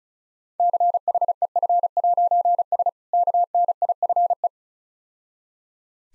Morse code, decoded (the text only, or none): CHEF'S KNIFE